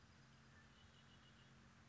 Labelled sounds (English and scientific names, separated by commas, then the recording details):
Red-winged Blackbird (Agelaius phoeniceus)
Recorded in Sonoma County, California